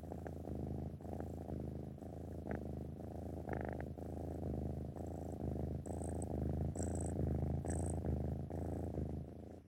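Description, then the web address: Cat purring, a steady low rumbling throb that runs through the whole stretch, with a few faint higher clicks now and then. "animal cat"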